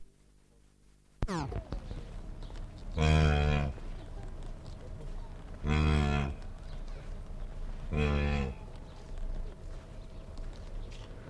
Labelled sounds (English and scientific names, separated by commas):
Blue Wildebeest (Connochaetes taurinus) call